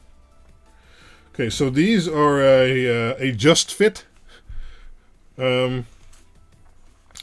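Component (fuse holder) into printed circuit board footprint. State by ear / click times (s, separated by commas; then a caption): seated / 7.2 s. Someone talks while a tight-fitting board-mounted component, probably a fuse holder, is tilted into its custom footprint on a printed circuit board and pushed down. A faint, sharp click is heard at 7.2 s as the part locks into place, seated.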